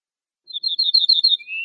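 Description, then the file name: Ortolan bunting song: a string of rapidly repeated high chirping notes, followed by a slightly lower, drawn-out closing note. No other sounds are heard. "suara kicauan ortolan"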